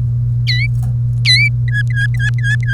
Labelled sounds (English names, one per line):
Domestic Canary song